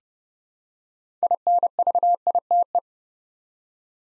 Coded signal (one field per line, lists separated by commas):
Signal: Morse code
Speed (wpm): 30 wpm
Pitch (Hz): 700 Hz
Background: none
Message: INVITE